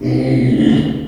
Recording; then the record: squeal of a Yucatan mini pig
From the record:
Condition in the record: after surgery on the right vocal fold (resection and tissue-engineered implant); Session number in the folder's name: 2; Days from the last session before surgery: 13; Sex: male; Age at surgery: 12 weeks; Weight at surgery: 13 kg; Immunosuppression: cyclosporine, prednisolone